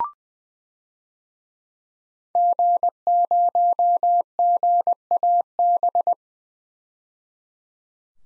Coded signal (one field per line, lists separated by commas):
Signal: Morse code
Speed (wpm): 20 wpm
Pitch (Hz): 700 Hz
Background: none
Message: G0GAB